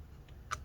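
A small lower screw is twisted backwards against an iPhone 7 Plus phone bracket until it clicks into the frame thread. A faint tick comes at 0.3 s, then a sharp, bright click at 0.5 s. The second screw is seated in its thread.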